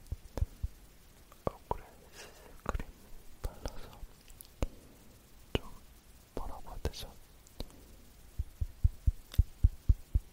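Microphone touching: sharp, thumping taps land irregularly through the first half, with soft rustling and brushing in between. Near the end the taps tighten into a quick, regular run of dull knocks. A faint whisper-like hiss sits underneath, low.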